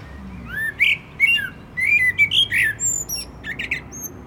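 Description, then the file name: Common blackbird song with mellow whistled notes, some sliding upward, interleaved with short high squeaky elements and a faint steady hum beneath. "Turdus merula"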